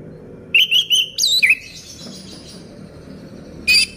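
Orange-headed thrush singing short whistled notes and quick slurred phrases in the first second and a half, then quiet before one brief final note.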